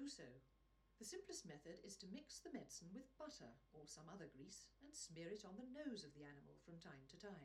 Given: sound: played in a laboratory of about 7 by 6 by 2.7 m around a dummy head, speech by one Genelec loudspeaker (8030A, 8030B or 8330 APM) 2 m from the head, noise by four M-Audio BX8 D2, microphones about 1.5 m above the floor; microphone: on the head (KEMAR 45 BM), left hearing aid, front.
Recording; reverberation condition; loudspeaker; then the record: female speech in English; low; in front (0 degrees)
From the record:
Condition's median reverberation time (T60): about 310 ms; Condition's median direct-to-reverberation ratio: about 3.5 dB